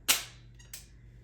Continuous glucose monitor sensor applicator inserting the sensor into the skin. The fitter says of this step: and then it clicks.